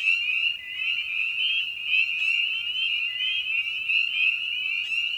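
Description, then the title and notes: A crowd of spring peepers calls nonstop, high rising peeps layered into one shrill, pulsing chorus. Evening at a frog pond. "Episode 5: Night of the Peepers. we return to the frog pond for a meditative evening. Spring Peeper (Pseudacris crucifer)."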